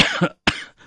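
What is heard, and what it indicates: Two sharp, harsh cough bursts about half a second apart from an elderly woman in her eighties with heart disease and high blood pressure, heard over a phone call; a plain cough brought on by excited talking.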